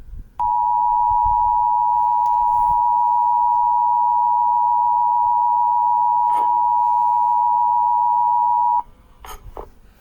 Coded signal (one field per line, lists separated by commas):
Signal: Emergency Alert System (SAME) tones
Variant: 853 and 960 Hz attention tone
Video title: I'm reacting to eas and analog horror